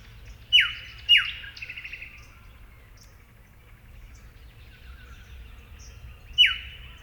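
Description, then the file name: Eastern yellow robin calls: two quick falling notes half a second apart, a brief soft rattling run after them, then another falling note several seconds later. "Eopsaltria Australis"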